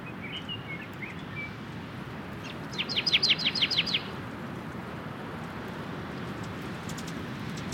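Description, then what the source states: Canyon Towhee song: a brief fast series of about nine bright chips, preceded by soft whistled notes from another bird, with constant breezy background noise. Singing at dawn in the breeze with wind, Scott's Oriole in background; Organ Pipe National Monument, southern Arizona, late March 2017; binaural recording.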